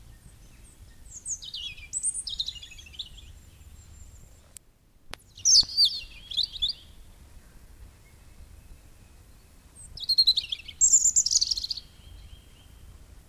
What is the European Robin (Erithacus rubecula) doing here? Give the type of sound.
song